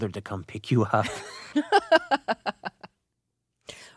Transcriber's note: laughter